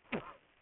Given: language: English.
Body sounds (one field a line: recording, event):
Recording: throat vibration sensor signal played as sound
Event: cough